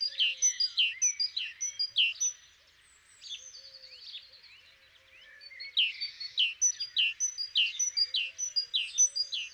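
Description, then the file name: Great tit giving quick strings of high, clipped, downslurred notes, with a quieter stretch mid-way before the rapid series returns. "Parus major"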